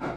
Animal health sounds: pig call; growing-finishing pig (85 days or more)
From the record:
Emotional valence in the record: positive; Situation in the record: run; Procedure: transit

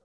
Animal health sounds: pig call; piglet (1 to 25 days)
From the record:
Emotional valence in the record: positive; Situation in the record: reunion after long isolation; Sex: male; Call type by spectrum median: low-frequency call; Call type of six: low-frequency tonal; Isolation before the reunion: 8 minutes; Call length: 0.05 s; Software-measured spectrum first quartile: 368 Hz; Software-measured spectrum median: 680 Hz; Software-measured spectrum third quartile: 3875 Hz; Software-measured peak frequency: 535 Hz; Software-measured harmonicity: 3.9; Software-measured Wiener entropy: -3.36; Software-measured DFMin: 1038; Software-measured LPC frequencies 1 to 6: 529, 1293, 3936, 5357, 6233, 7700 Hz

